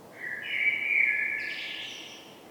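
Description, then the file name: Common blackbird giving a single smooth whistled phrase that slides up into a high, thin finishing twitter. "Turdus merula"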